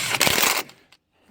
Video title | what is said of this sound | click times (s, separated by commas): fixing sprayer,spraying | click that's my torque wrench click | 0.1 s, 0.2 s